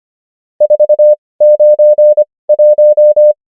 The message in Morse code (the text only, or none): 4 9 1